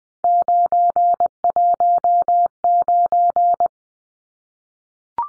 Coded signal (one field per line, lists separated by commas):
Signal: Morse code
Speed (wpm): 20 wpm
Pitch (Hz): 700 Hz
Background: none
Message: 919